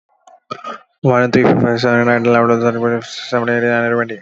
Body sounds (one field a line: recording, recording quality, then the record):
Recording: counting at a fast pace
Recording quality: moderate, slight background noise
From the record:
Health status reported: healthy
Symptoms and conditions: none ticked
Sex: male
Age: 35 years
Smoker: not ticked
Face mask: not worn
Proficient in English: yes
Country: India